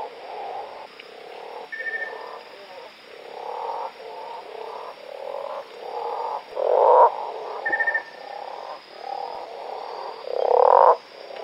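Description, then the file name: Manaus slender-legged treefrog chorus: many rattling, nasal croaks overlapping steadily, several louder ones near the end, with a brief high chirp heard twice. "Osteocephalus taurinus"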